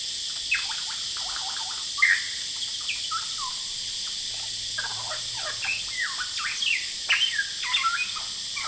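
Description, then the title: Lyrebird song with varied whistles, sweeps and chirps coming in bursts, and cicadas droning loudly behind. Male, singing vigorously outside a window at Horsfield Bay, New South Wales, Australia, 23 January 2017, with cicadas calling; noise reduction applied. "Lyrebird - Horsfield Bay NSW, Jan 23 2017"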